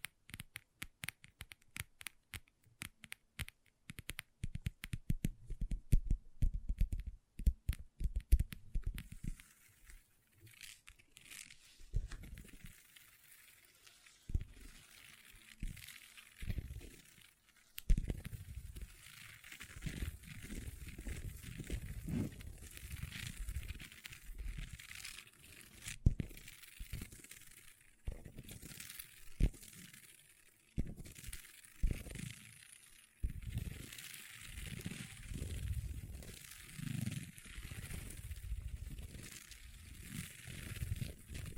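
Long nails tap and scratch on a table. The first eight seconds are a quick run of sharp, evenly spaced taps, then the sound turns to uneven scraping and scratching with bursts of rapid clicks and deep thumps, continuing steadily with brief pauses to the end.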